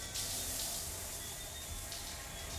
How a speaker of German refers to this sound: Dann hörte ich aus dem hinteren Teil des Hauses laut das prasselnde Geräusch niederplatschenden Wassers. Ich ging nach hinten, sah die weit offene Badezimmertür, spürte den Dampf und wusste, dass dies eine Einladung war.